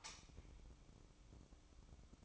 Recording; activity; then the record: daily activity, microphone in the room; light off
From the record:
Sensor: 1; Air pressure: 1008.0 hPa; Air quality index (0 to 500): 126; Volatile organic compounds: 2 ppm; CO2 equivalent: 1059 ppm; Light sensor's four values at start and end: 9/21/8/9 and 9/21/8/9